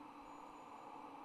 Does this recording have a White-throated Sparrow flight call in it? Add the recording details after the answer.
no. No flight call is heard. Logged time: 22:55 on 25 November 2014